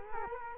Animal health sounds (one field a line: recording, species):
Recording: mosquito wingbeat signal from an infrared sensor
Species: Culex quinquefasciatus